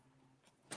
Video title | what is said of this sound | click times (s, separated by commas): Customizing WIP Sunday Live - Episode #4 | Little click. | 0.7 s